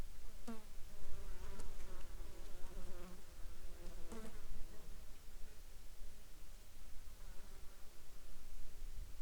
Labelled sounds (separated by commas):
insects